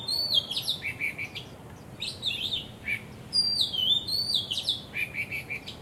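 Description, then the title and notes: Bird song: bright, high whistled phrases with sweeping downslurred notes and quick chatters, in bursts every second or two. Birds singing vigorously at Wu Kai Sha, Hong Kong, on 15 December 2006; recorded with AKG condenser microphones in XY stereo. "香港 烏溪沙 雀鳥勁唱歌 Date: 15 December 2006"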